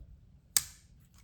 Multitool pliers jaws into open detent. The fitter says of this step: you hear that and then opening it up you just get a good snap